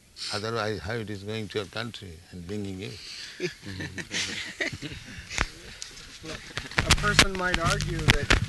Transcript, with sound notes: Otherwise how it is going to your country and bringing you? [laughter]
A person might argue that